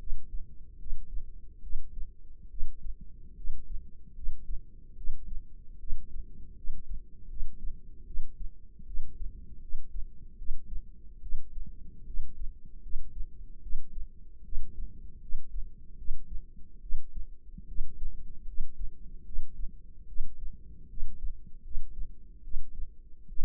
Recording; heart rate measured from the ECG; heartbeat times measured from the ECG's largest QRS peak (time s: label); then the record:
heart sounds by microphone in the left ear; 75 bpm
0.77 s: heartbeat
1.61 s: heartbeat
2.48 s: heartbeat
3.35 s: heartbeat
4.13 s: heartbeat
4.95 s: heartbeat
5.78 s: heartbeat
6.54 s: heartbeat
7.28 s: heartbeat
8.05 s: heartbeat
8.85 s: heartbeat
9.60 s: heartbeat
10.36 s: heartbeat
11.20 s: heartbeat
12.05 s: heartbeat
12.81 s: heartbeat
13.61 s: heartbeat
14.43 s: heartbeat
15.20 s: heartbeat
15.96 s: heartbeat
16.80 s: heartbeat
17.66 s: heartbeat
18.45 s: heartbeat
19.24 s: heartbeat
20.06 s: heartbeat
20.88 s: heartbeat
21.62 s: heartbeat
22.42 s: heartbeat
23.27 s: heartbeat
From the record:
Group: healthy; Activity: rest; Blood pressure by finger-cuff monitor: 138/76 mmHg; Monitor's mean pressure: 95 mmHg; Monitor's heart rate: 74 bpm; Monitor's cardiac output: 6.8 L/min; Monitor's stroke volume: 94 mL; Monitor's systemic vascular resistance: 1020 dyn s/cm5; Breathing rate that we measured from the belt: 21 breaths a minute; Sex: female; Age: 22 years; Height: 154 cm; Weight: 58.7 kg